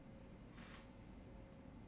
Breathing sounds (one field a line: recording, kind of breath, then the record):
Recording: one breath in and out by a microphone near the nose and mouth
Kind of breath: normal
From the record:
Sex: male